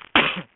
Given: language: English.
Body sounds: throat vibration sensor signal played as sound; cough

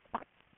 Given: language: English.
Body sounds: throat vibration sensor signal played as sound; swallow

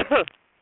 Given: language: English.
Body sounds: throat vibration sensor signal played as sound; cough

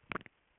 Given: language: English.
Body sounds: throat vibration sensor signal played as sound; swallow

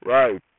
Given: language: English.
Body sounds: throat vibration sensor signal played as sound; speech

